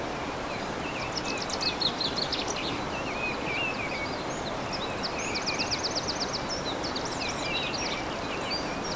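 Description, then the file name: Bird song: scattered high chirps, then a fast, even trill of repeated notes, over a continuous rushing background hiss. Bird songs recorded 15 March 2014 on an MZ-N710 recorder. "MZ-N 710 Chants d oiseaux 15 03 14"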